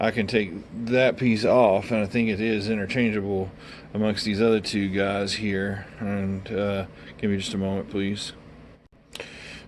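Someone talks while taking a plastic accessory piece off one toy robot figure to test whether it is interchangeable with the others. After a pause, a sharp tick at 9.2 s marks the piece snapping onto another figure, and it fits.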